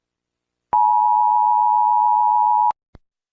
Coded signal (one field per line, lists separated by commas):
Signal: Emergency Alert System (SAME) tones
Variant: 853 and 960 Hz attention tone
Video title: Usa Eas (Emergency Alert System) alarm